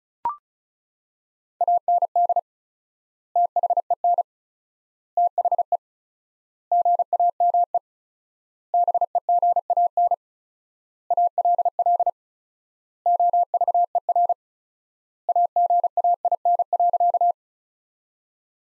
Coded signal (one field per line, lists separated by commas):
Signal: Morse code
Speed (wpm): 35 wpm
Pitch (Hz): 700 Hz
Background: none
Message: AND THEN THE GAME BEGAN ALL OVER AGAIN.